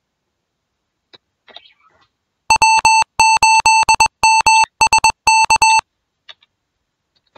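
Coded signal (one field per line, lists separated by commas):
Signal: Morse code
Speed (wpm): 21 wpm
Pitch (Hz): 2650 Hz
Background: speech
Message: W8MSK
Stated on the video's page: Home training for high-speed radiotelegraphy sport using RUFZ software.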